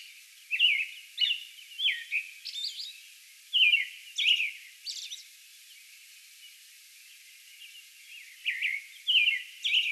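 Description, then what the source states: American robin gives a burst of rapid whistled carols, falls silent for several seconds, then resumes with more loud phrases at the end. Song bout recorded on May 11.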